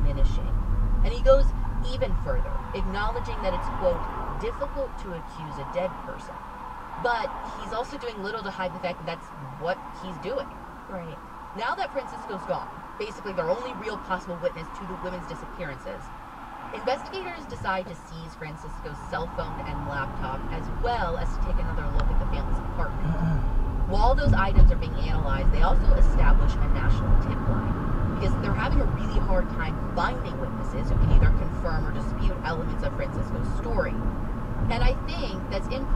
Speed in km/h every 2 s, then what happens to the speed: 37, 37, 37, 37, 37, 0, 0, 0, 0, 0, 13, 23, 31, 39, 45, 47, 47, 45.
0-10 brakes to 0. 10-18 standing. 18-28 pulls away to 45. 28-36 steady at about 45.